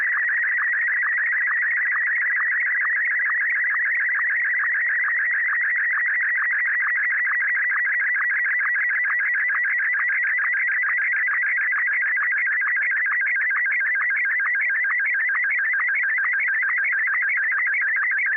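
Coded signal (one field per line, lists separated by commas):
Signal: SSTV (slow-scan television)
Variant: Martin 1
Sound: steady warbling, chirping tone with a rhythmic tick about twice a second throughout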